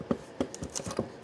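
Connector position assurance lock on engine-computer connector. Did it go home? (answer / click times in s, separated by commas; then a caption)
no / none. The connector position assurance lock on the reassembled engine-computer connector is handled as it is pushed to engage. Short light taps and ticks are heard, with sharper ones around 0.1, 0.55 and 0.8 seconds. Nothing has seated or clicked yet; the lock is not home.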